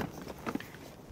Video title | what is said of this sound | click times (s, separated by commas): [산모교실-Full] 유모차, 카시트 사용법 직접 알아보기/ 6회차 | 잡고 눌러 주시면 딸깍 소리가나요 이때 소리가 날뿐만 아니라 초록색으로 바뀌어요 | 0.5 s